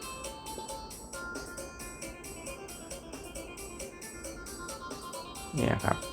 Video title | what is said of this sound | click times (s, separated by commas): วันนี้มาสอนพี่ต๋อยล้างปีกผีเสื้อ+ล้างไดสตาร์ทtoyota altis ปี 2014 | เข้าล็อคมันแล้วครับ | 5.7 s, 5.9 s